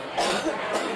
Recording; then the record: coughing mixed with background sound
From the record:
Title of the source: 61 morning phlegmy cough...again